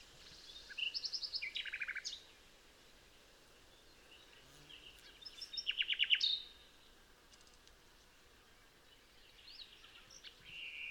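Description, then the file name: Common nightingale song: two loud phrases of rapid repeated notes and rattling trills with a pause between them, then a fainter phrase near the end; steady background hiss. "Luscinia megarhynchos"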